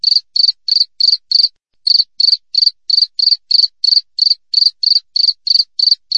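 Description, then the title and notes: Cricket chirps, sharp high pulses repeating about three times a second, with one short break early on, over silence. Clear wild cricket chirping with closely spaced pauses. "Jangkrik Alam Jernih, Jeda Rapat. suara jangkrik"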